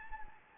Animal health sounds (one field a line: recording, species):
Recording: mosquito wingbeat signal from an infrared sensor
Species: Anopheles gambiae